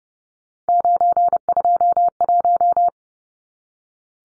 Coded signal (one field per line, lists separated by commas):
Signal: Morse code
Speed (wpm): 30 wpm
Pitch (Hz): 700 Hz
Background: none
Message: 921